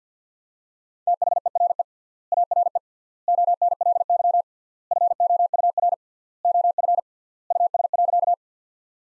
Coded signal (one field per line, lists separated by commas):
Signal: Morse code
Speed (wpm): 50 wpm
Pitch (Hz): 700 Hz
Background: none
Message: THERE ARE ONLY FOUR OF US.